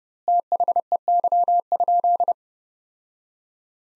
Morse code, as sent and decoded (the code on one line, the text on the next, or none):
- .... . -.-- ..--..
THEY?